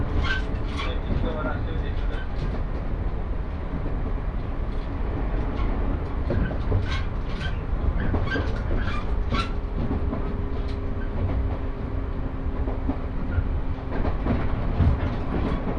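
A ride aboard an Ako Line train heading from Okayama toward Saidaiji. A steady low rumble fills the whole clip at an even level, with faint voices and brief clicks and squeals breaking through every second or two, and a thin tone running through the middle stretch.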